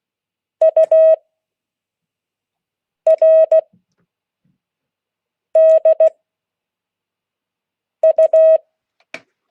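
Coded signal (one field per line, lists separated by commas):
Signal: Morse code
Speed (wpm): 16 wpm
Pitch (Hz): 640 Hz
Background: none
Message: URDU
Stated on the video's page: Morse code class.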